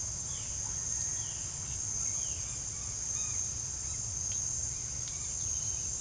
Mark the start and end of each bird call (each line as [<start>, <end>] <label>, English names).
[0.19, 2.50] Violaceous Jay
[2.62, 3.42] Red-bellied Macaw
[4.54, 5.94] House Wren